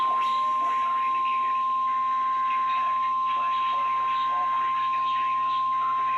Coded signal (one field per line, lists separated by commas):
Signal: Emergency Alert System (SAME) tones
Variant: 853 and 960 Hz attention tone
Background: speech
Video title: EAS 6136-6172 EAS Alerts from (5/17/24-5/18/24)